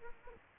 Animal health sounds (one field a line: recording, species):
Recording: mosquito wingbeat signal from an infrared sensor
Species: Aedes aegypti